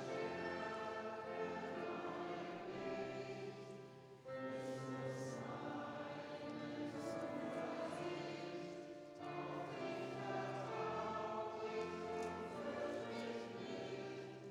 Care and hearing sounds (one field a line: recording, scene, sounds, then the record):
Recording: everyday scene through a hearing-aid microphone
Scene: reverberant space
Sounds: music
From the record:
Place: church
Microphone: in the ear canal, right